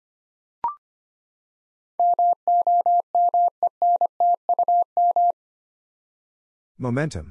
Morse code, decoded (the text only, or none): MOMENTUM